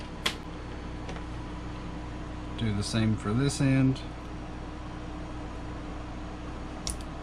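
A crimped wire contact on the other end of an Anderson Powerpole jumper is pushed into its plastic power connector housing until it latches. Someone talks over a steady low hum, with a brief sharp sound near 0.3 s. A short snap at 6.9 s marks the contact seating.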